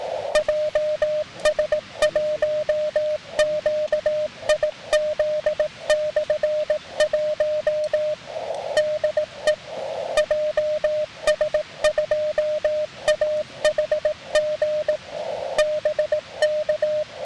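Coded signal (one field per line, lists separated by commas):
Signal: Morse code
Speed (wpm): 18 wpm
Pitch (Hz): 610 Hz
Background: music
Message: JS1QIZ/1 DE JS2AHG BK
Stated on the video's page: Weak 5 W CW with an SW-3B transceiver and paddle from a backpacking camp on the 7 and 10 MHz bands, using a lightweight 5 m wire antenna.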